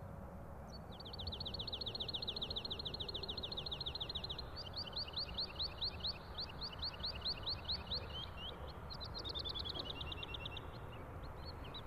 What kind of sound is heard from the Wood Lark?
song